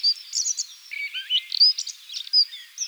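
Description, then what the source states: Red-backed shrike giving a rapid run of varied short chirps and scratchy twitters, some rising or falling, high-pitched and uneven in rhythm, with no other clear sounds. Recorded in Slovenia.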